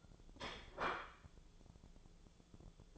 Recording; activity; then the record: daily activity, microphone in the room; place plate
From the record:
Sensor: 5